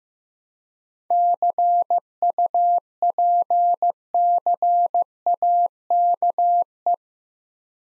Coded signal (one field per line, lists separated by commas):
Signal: Morse code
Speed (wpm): 15 wpm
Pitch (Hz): 700 Hz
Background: none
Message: CUPCAKE